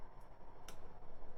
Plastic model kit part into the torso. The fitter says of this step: as a satisfying click. That's what I'm talking about.